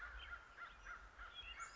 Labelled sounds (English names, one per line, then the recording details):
American Crow
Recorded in Sonoma County, California